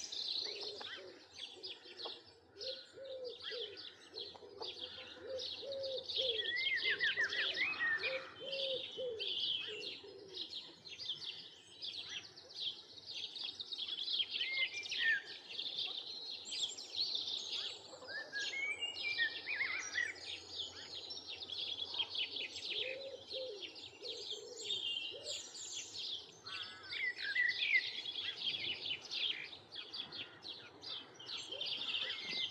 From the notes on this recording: birdsong and flowing water